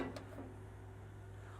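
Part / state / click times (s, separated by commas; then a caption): folding RV entry step latching into its stowed position at the camper doorway / seated / 0.2 s. A folding metal RV entry step is swung up out of the way at the camper doorway, and its latch catches with a single short click at 0.2 s. The step locks into its stowed position. A steady low hum runs underneath throughout.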